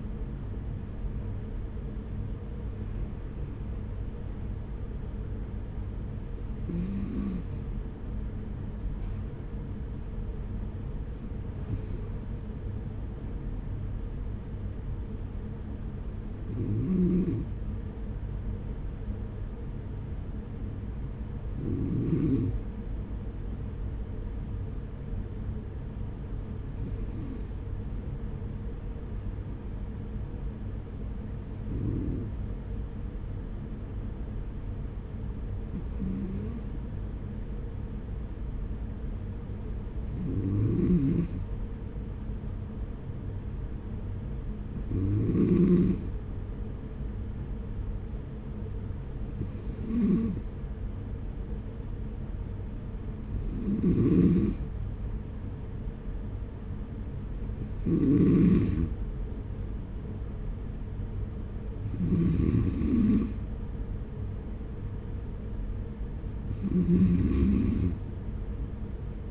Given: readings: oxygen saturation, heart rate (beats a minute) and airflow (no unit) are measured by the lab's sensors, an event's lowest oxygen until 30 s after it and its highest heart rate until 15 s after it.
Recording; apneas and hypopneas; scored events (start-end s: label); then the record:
breathing in sleep by a smartphone at the bedside; 1
9.00-41.30 s: hypopnea (N1, oxygen 96% highest, then 93% lowest, heart rate 46 at the start, 49 highest)
From the record:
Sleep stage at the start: N1 (lightest sleep); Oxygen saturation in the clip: 93 to 96%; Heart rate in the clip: 43 to 51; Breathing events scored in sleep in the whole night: 210 in 6.9 hours asleep